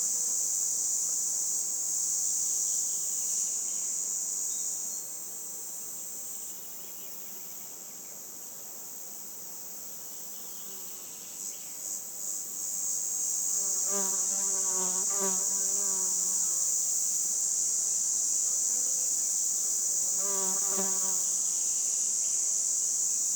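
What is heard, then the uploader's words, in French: A red cicada sings in a high, dense hiss that starts hesitant and uneven, dips around five to thirteen seconds, then swells into full, steady buzzing. Short bursts of bird calls break in around 14–16 and 20–21 seconds. LA CIGALE DITE "ROUGE". Route de Chatillon en diois - 11h10 - NagraLB - mkh20 omni. L'ambiance estivale au bord de la route entre Luc et Chatillon en diois. Le début du chant est hésitant ce qui caractérise le chant de cette cigale ensuite elle développe toute la puissance de sa cymbalisation.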